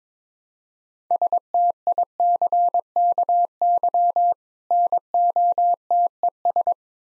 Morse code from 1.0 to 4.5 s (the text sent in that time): STICKY